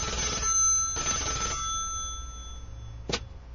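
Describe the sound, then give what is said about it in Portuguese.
A telephone rings twice in steady bursts on an outgoing call to a church, with a pause between each ring, then falls quiet before a brief sharp click near the end, as if the line is picked up. “Então, se me permite, deixa eu pegar aqui o telefone. Vamos ligar aqui pra igreja.”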